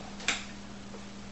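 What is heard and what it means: The lid of a kitchen food processor bowl is pushed down to click into place, and a sharp click sounds at 0.3 s over a steady low hum, with another brief sharp sound right at the end. The lid is only almost seated and not fully home, probably because the bowl was overfilled.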